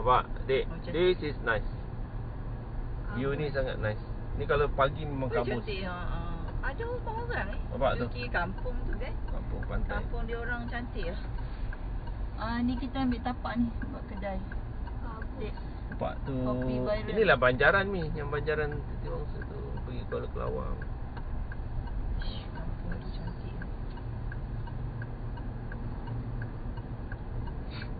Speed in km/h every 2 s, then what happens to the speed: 48, 49, 43, 42, 38, 30, 28, 31, 34, 39, 41, 42, 46, 48.
2-12 slows to 28. 12-28 speeds up to 48.